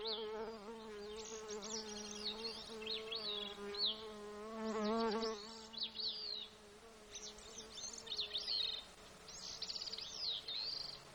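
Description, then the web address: Insect buzzing, a low droning hum that comes and goes, loudest near the middle, with many sharp, high bird chirps and whistles over it. Recorded in Alaska on 5 July 2014 at 21:49. "alaska INSECTS 20140705 214919"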